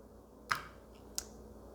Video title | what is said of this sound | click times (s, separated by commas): Using the F16V4 in Player Mode | push it down until until it snaps just be careful | 0.5 s, 1.2 s